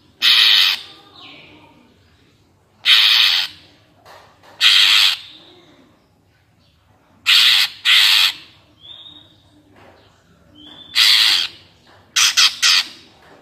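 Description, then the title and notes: Greater green leafbird alternating loud rasping bursts with short clear whistled notes in between. Gacor (actively singing) cucak ijo, described as ngentrok with crest raised and as melodious; recording meant as a master track for training captive cucak ijo birds. "Cucak Ijo Gacor Ngentrok Jambul Nembak. suara burung cucak ijo gacor, merdu cocok buat masteran burung cucak ijo"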